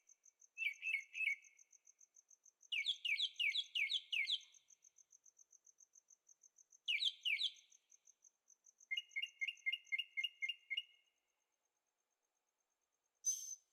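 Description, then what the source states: Bird chirps in bursts of slurred notes and a steady run of repeated chirps, over a fast, regular insect-like ticking that stops near the end. Birds singing at night in Carefree, Arizona; recorded on a Zoom H6 with stereo microphones.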